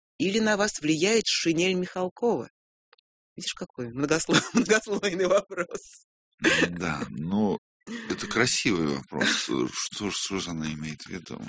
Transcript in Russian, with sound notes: – Или на Вас влияет шинель Михалкова?» Видишь, какой многослойный вопрос. (смеется)
Да… Ну, это красивый вопрос. Что же она имеет в виду?